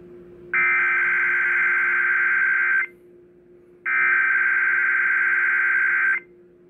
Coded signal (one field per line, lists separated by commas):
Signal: Emergency Alert System (SAME) tones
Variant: header bursts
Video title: Required Weekly Test on WIAL